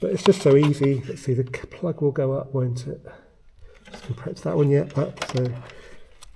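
A car wiring plug is handled below its mating socket during the full respray rebuild of an Audi B7 RS4, about to be pushed up into place. Someone talks throughout, with a short quiet stretch and faint handling noises in the middle. Nothing has seated or clicked yet by the end of the clip.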